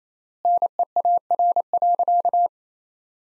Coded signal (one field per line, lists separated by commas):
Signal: Morse code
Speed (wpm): 28 wpm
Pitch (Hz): 700 Hz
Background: none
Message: NEAR.